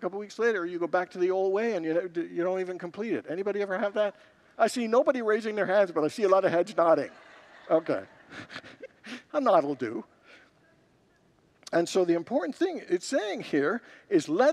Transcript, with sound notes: And a couple weeks later, you go back to the old way and you don’t even complete it. Anybody ever have that? I see nobody raising their hands, but I see a lot of hedge nodding. [Congregants laugh] Okay. A nod will do! And so, the important thing it’s saying here is…